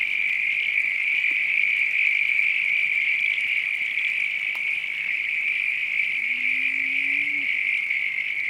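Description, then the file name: Frog chorus holding a constant high note, while a low, drawn-out tone rises slowly near the end. Night countryside ambience with frogs. "AMBIENCE NIGHT COUNTRY FROGS RAIN FARM ANIMALS LOOP"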